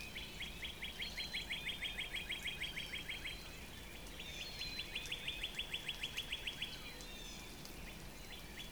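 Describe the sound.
Northern Cardinal giving two long rapid trills of evenly repeated notes, then a brief start of another, against steady background hiss.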